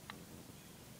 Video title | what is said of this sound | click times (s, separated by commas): Reassembly of KWC Colt M1911A1 | You gotta push that plunger back in until it clicks into place, like so. | 0.1 s